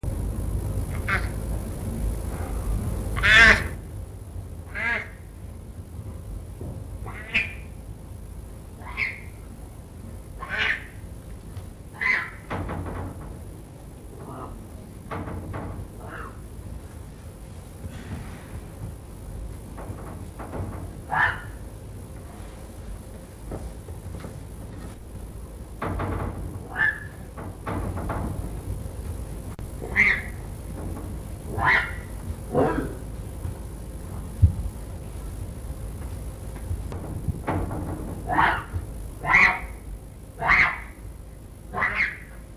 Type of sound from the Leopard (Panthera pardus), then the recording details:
call. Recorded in captivity. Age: juvenile. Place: Tierpark Berlin, Berlin, DE. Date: 1962-10-20 14:00. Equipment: Minifon, Kopie Smaragd. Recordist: Tembrock, Günter